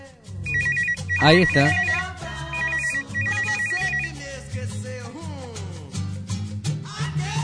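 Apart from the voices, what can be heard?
telephone ringing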